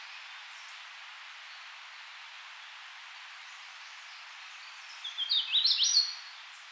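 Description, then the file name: Hooded warbler singing one brief, lively phrase of sweet slurred whistles near the end, after several seconds of quiet outdoor hiss. "Hooded Warbler - Setophaga citrina"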